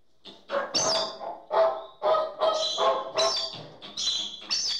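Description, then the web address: American flamingo calls: a string of nasal, honking squawks with rich harmonics. "bird flamingo american flamingo calls animal"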